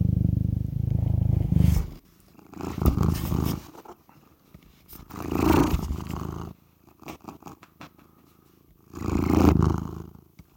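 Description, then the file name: Cat purring in a low rumble at first, then a few separate bursts of rough sound with quiet gaps between. "Catsoundswav"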